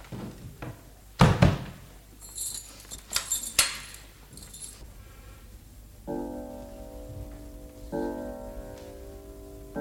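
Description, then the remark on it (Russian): A heavy door thuds shut, followed by a few seconds of bright, metallic keys jangling and clicking in a lock, before sustained tuneful music begins playing. “Закрывайте двери.”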